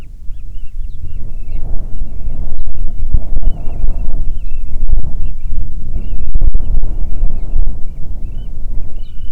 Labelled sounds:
bird
wind
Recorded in the Arctic National Wildlife Refuge, Alaska, on 9 July 2019 at 22:41
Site 48

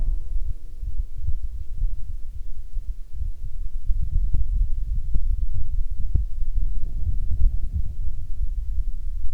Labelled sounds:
wind
insects
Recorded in Ivvavik National Park, Yukon, on 23 May 2019 at 15:32
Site SINP09

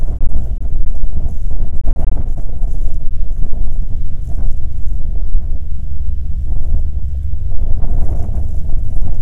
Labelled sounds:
wind
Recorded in the Prudhoe Bay oil fields, Alaska, on 21 June 2019 at 10:58
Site 22

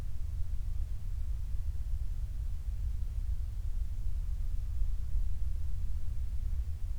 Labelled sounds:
bird
man-made sound
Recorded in the Prudhoe Bay oil fields, Alaska, on 28 July 2019 at 06:13
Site 25

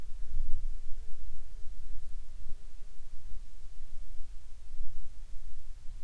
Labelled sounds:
insects
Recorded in the Arctic National Wildlife Refuge, Alaska, on 10 July 2019 at 18:52
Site 44

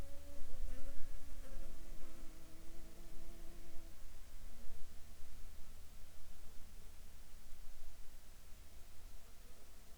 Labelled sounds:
insects
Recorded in the Arctic National Wildlife Refuge, Alaska, on 7 July 2019 at 19:35
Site 41

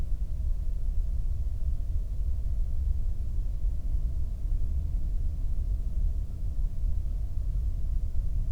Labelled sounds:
near silence
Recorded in the Prudhoe Bay oil fields, Alaska, on 22 May 2019 at 01:06
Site 19

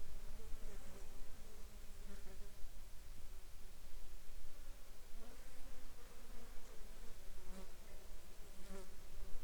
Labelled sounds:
insects
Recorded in the Arctic National Wildlife Refuge, Alaska, on 10 July 2021 at 13:18
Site 43

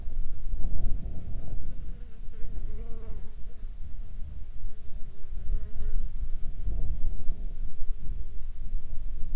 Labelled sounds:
wind
insects
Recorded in the Arctic National Wildlife Refuge, Alaska, on 16 July 2019 at 14:21
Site 41

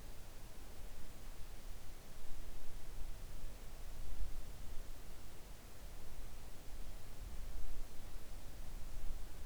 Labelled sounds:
near silence
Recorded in the Arctic National Wildlife Refuge, Alaska, on 3 August 2019 at 05:10
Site 41

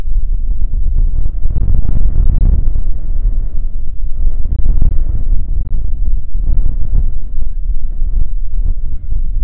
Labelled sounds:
wind
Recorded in the Prudhoe Bay oil fields, Alaska, on 15 May 2019 at 00:01
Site 19

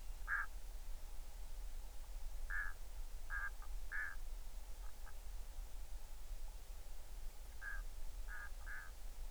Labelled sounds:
waterfowl
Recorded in the Arctic National Wildlife Refuge, Alaska, on 20 July 2019 at 02:49
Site 38

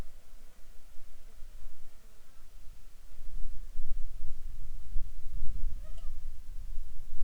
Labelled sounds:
wind
insects
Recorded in the Arctic National Wildlife Refuge, Alaska, on 7 July 2019 at 19:02
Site 41

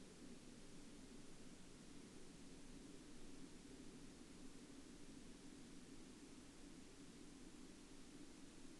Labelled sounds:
man-made sound
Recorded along the Dempster Highway, Canada, on 18 October 2020 at 18:40
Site 24

